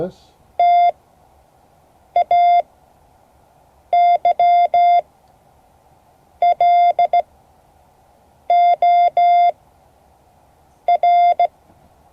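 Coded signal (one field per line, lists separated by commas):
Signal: Morse code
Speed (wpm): 16 wpm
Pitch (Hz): 700 Hz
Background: speech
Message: TAYLOR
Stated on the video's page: Morse code class.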